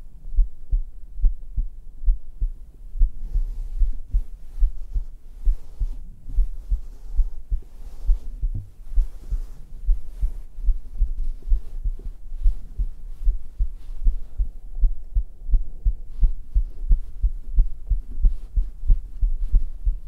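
A steady run of deep, muffled thumps in paired beats, picked up with a black 3Dio binaural microphone pressed to bare skin over the chest. This is an adult's heartbeat, with faint rustling and a low hum in the background.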